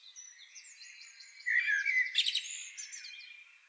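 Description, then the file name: Common blackbird utters a brief warbled phrase that breaks into rough, high chattering at midway, with thin repeated high notes behind it. "Turdus merula"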